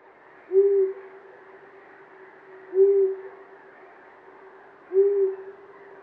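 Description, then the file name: Long-eared owl calling with short, low hoots spaced about two seconds apart over faint steady noise. "Uszatka"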